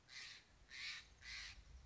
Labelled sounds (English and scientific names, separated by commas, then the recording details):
Steller's Jay (Cyanocitta stelleri)
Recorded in Sonoma County, California